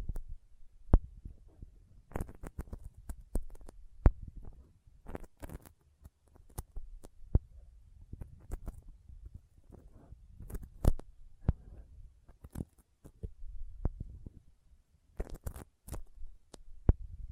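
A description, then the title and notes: Sticky finger sounds: irregular wet clicks and tacky pops, some sharp and bright, scattered over a low soft rumble throughout. ASMR Intense Sticky Finger Sounds (No Talking).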